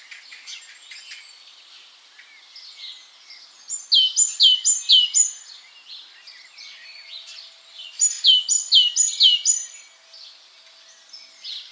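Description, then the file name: Great tit song, two short runs of several bright, high notes, with fainter notes between them. "Parus major"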